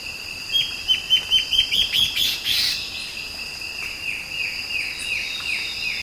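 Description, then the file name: Bird calls: a quick series of bright, sharp notes that rise into a dense burst, then softer slurred notes that fall in pitch, repeated over a constant high-pitched drone. "SABIOD 50 bird 2015"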